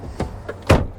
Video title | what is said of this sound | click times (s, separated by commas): The 2025 VW ID Buzz IS the FASTEST Bus in the West!!! | clicks into place, | 0.7 s